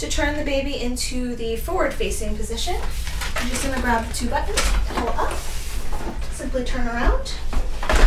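Someone talks while handling a Stokke Crusi stroller seat, turning it to face forward and pushing it back toward the frame mounts, with brief knocks near the end. The clip ends before the seat goes home, so nothing has seated or clicked into the frame yet.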